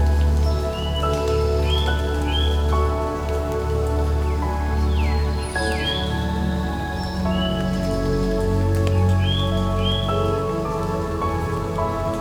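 Water drips and patters steadily in quiet woods, a dense, even wash over a constant low rumble. Short, bright bird calls rise above it in pairs near the start, again around the middle, and once more near the end.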